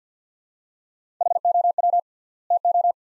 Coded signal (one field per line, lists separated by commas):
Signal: Morse code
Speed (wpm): 50 wpm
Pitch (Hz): 700 Hz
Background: none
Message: HOW TO